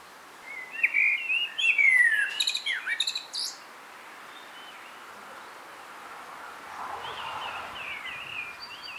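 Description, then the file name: Common blackbird song, a rich fluted phrase dissolving into thin high twittering over the first three seconds, followed by a quieter phrase near the end. "Turdus merula"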